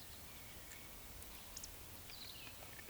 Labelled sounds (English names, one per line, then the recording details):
Eurasian Woodcock whistle
Eurasian Woodcock croak
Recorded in Baden-Württemberg, Germany, on 20 May 2021 at 19:35 UTC
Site 24606, 635 m above sea level